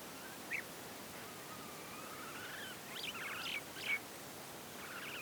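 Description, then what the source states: Birds giving faint, scattered chirps and a thin drawn-out whistle, with a few sharper notes near the end, over a steady hiss of outdoor background noise. Birds heard in a field.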